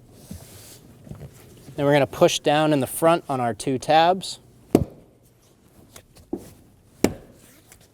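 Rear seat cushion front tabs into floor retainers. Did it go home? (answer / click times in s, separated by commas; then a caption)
yes / 4.8 s, 7.0 s. Someone talks as the front of the rear seat cushion on a 2008-2015 Scion xB 2.4L L4 is pushed down onto its two plastic and metal retaining tabs into the floor retainers, while reinstalling it after a fuel pump module assembly replacement. Two sharp clicks at 4.8 s and 7.0 s mark the tabs snapping into place, leaving the cushion seated.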